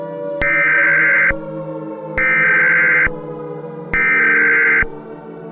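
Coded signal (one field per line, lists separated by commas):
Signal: Emergency Alert System (SAME) tones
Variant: header bursts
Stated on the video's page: Fictional EAS scenario in analog-horror style using valid SAME tones, not a real alert.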